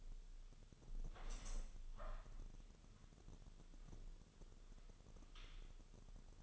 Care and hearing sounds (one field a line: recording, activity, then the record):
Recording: daily activity, microphone in the room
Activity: open window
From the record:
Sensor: 4